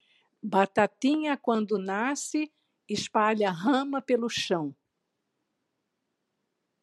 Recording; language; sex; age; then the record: short text; Brazilian Portuguese; female; 60 to 69 years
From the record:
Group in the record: control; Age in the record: 67 years